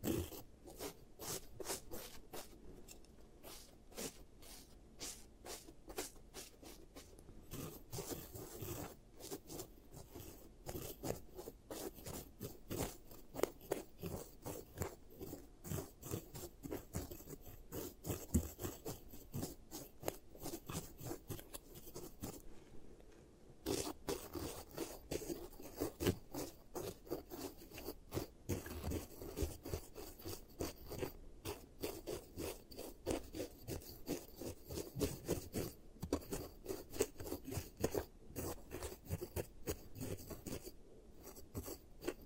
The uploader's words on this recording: Giant Teeth Treatment, Fixing Your Cavities. (No Talking).